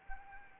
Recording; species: mosquito wingbeat signal from an infrared sensor; Anopheles arabiensis